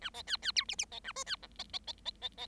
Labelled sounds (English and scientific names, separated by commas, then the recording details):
Bengalese Finch (Lonchura striata domestica) song
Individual Bird7